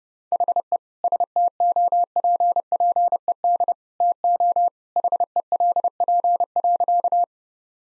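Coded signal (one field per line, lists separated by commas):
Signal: Morse code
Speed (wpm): 32 wpm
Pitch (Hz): 700 Hz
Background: none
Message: HE STOPPED TO HELP.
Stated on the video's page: Morse practice drill of sentences built from common two-word phrases, sent at 30 wpm for head-copy.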